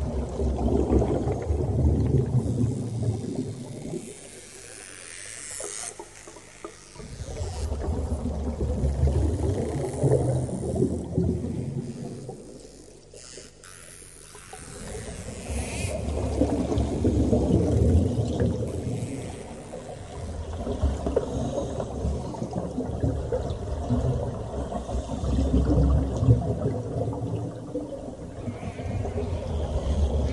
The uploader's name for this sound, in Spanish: Sonidos del Mar: meditar con Ballenas y Delfines